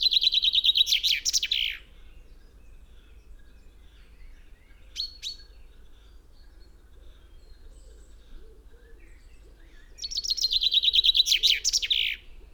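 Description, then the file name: Common chaffinch song: a rattling, descending phrase with a terminal flourish at the start and again near the end, with a brief short call in between. "Fringilla coelebs"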